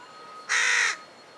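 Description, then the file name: A carrion crow calls once: one loud, rough, grating caw, short and flat in pitch, with quiet hiss before and after. "Corvus corone"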